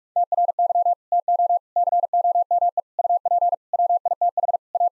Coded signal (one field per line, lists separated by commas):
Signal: Morse code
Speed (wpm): 46 wpm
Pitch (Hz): 700 Hz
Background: none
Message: TRY TO COME UP WITH A